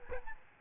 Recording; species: mosquito wingbeat signal from an infrared sensor; Aedes albopictus